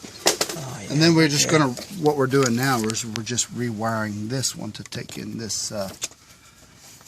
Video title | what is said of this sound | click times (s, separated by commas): Replacing Fuel Sending Unit on 2001 Chevy 1500 | we just gotta push it on until this snaps it's on there you go | 0.3 s, 0.4 s